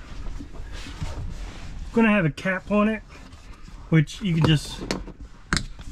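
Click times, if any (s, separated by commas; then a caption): 5.5 s. Someone talks while a small plastic cap covering a T50 bolt on the rear cargo area trim of a Ford Bronco is pulled off by hand. The cap pops off with a sharp snap at 5.5 seconds, and it comes free.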